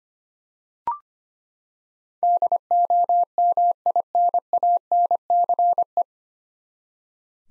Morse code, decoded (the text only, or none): DOMINANCE